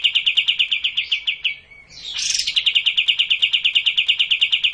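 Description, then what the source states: Cililin song: a fast, steady string of sharp repeated notes, briefly interrupted midway by a noisy burst before resuming. Kapas tembak song style.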